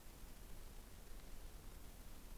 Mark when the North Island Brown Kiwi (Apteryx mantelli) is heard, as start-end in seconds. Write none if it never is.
none